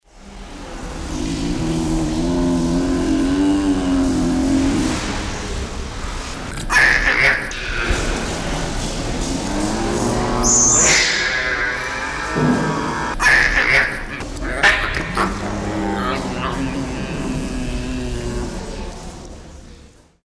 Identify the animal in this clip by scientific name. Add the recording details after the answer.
Arctictis binturong. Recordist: Tembrock, Günter. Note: Abwehrlaute und Knurren